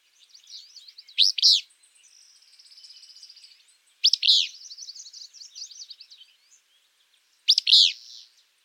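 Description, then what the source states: Willow Flycatcher song: a sharp, buzzy high phrase repeated about every three seconds, with faint thin notes and a soft trill between phrases. Eastern U.S. flycatcher nearly identical in appearance to the alder flycatcher; distinguished in the field only by its song.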